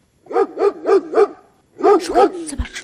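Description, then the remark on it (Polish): A dog barks four times in a steady, evenly spaced run, falls silent briefly, then lets out two more loud, mid-pitched barks trailing into a short whine. “To, że psy potrafią znaleźć wiele, wiadomo nie od dziś.”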